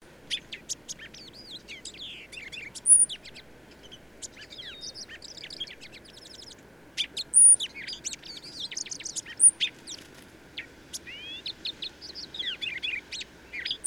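Birdsong in bursts: sharp high chips, whistled slurs and twittering phrases separated by short pauses, over a steady low rumble of background noise.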